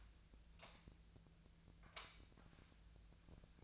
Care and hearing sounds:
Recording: daily activity, microphone in the room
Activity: light on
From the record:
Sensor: 2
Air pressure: 1009.7 hPa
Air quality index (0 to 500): 180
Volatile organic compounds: 10 ppm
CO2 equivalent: 2249 ppm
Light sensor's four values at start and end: 26/65/28/31 and 32/83/35/37

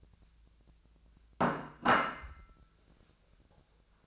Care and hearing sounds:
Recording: daily activity, microphone in the room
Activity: place plate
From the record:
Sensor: 2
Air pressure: 1000.0 hPa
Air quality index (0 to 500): 135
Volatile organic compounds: 2 ppm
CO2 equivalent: 1148 ppm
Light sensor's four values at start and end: 23/56/24/26 and 25/64/27/30

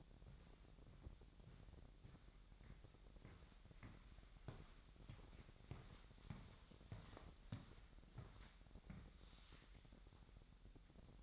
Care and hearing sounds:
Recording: daily activity, microphone in the room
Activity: walk to room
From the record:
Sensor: 3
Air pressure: 1012.2 hPa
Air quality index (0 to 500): 157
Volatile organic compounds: 2 ppm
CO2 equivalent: 1195 ppm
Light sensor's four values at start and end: 136/323/134/123 and 129/309/128/118

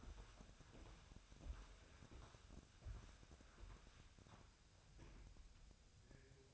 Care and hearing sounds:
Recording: daily activity, microphone in the room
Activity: walk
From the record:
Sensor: 2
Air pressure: 1015.2 hPa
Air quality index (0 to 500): 118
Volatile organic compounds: 3 ppm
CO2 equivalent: 1510 ppm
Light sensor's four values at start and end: 13/35/13/15 and 13/34/13/15

